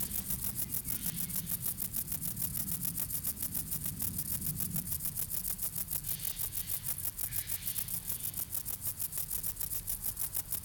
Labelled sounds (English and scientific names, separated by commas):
Stripe-winged Grasshopper (Stenobothrus lineatus) stridulation